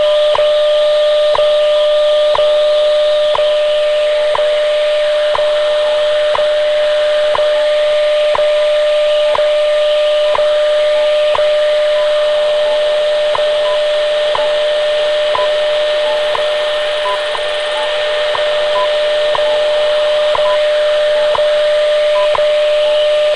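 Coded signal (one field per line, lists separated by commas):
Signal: radio time signal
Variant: WWV/WWVH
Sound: steady tone interrupted by a short tick every second, under heavy hiss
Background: radio static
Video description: later on I almost completely lost WWV, but then WWVH came in much more clearly before fading out leaving only what sounded for all the world like a ticking clock or pocket watch buried in a swamp of noise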